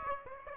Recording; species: mosquito wingbeat signal from an infrared sensor; Aedes aegypti